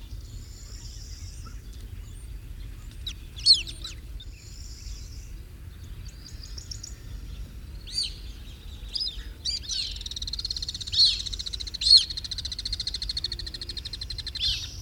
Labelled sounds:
Alpine Swift call

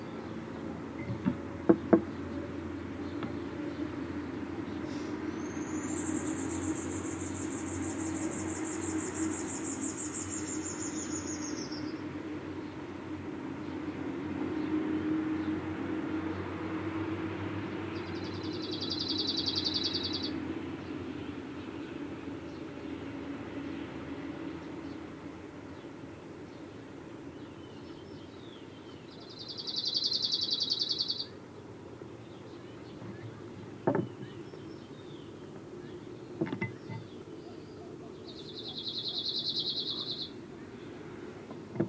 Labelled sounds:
Arctic Warbler

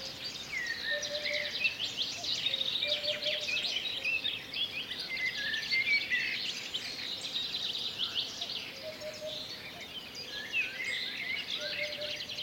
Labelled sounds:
Eurasian Hoopoe song

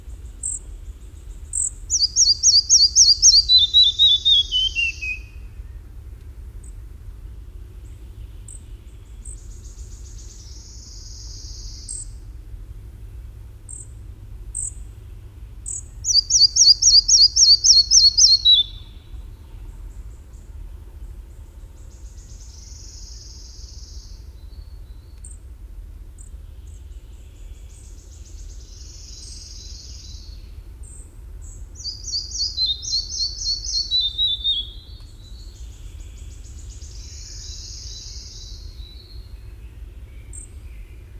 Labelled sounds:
Red-breasted Flycatcher song

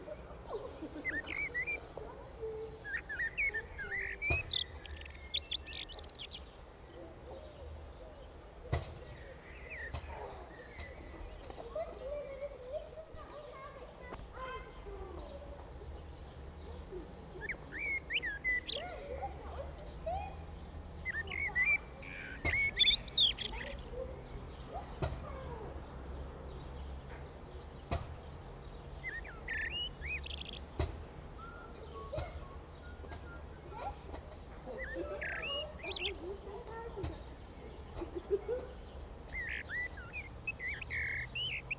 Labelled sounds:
Common Blackbird song

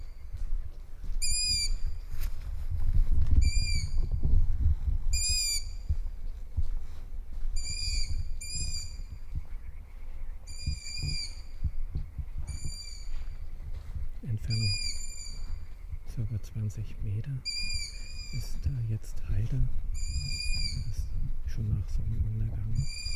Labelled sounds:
Long-eared Owl call

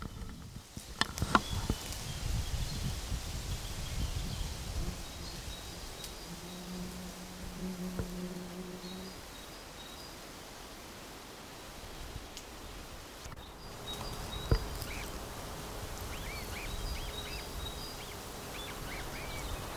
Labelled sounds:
Eurasian Reed Warbler

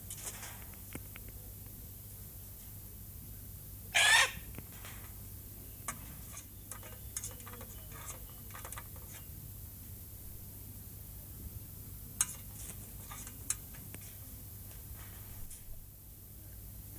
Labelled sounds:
Red-tailed Black Cockatoo call

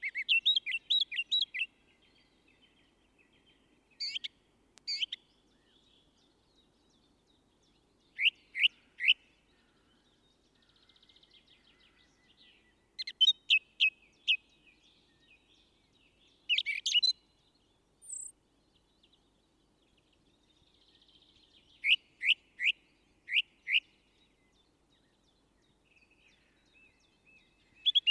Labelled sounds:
Song Thrush song

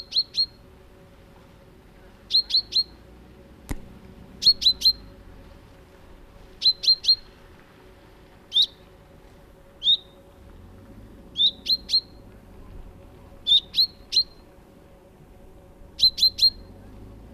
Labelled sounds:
Common Chaffinch

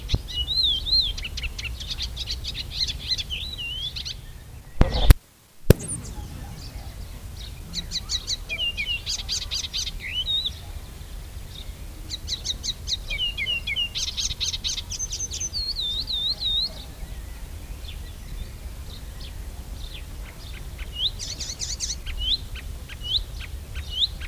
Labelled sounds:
Icterine Warbler song

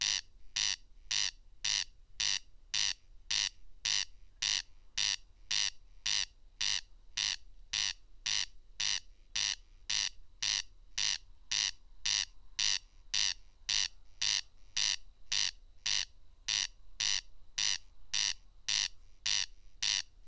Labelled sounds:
Corn Crake song

